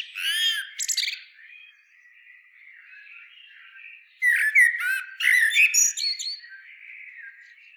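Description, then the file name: Common blackbird singing: two warbled phrases, each a fluty low opening breaking into squeaky high twitters, separated by a quieter stretch of a few seconds. "Turdus merula"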